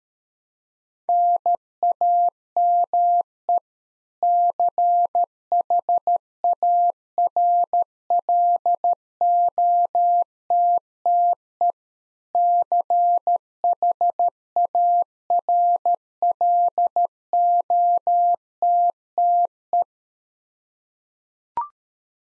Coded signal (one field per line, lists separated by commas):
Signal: Morse code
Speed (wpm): 13 wpm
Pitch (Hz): 700 Hz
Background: none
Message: NAME CHARLOTTE CHARLOTTE